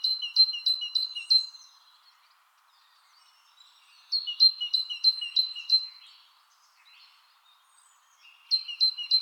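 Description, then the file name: Great tit song, bright two-note phrases repeated rapidly in three bursts with pauses between, a steady faint hum beneath. "Parus major"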